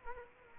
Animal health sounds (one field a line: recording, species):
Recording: mosquito wingbeat signal from an infrared sensor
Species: Culex quinquefasciatus